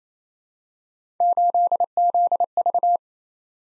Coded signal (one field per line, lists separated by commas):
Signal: Morse code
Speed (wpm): 28 wpm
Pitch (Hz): 700 Hz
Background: none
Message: 8ZV